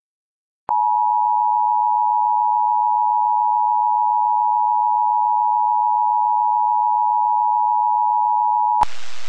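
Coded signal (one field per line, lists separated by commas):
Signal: Emergency Alert System (SAME) tones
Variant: 853 and 960 Hz attention tone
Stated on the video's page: Mock severe thunderstorm warning for Sherman, Kansas, recreating a real alert.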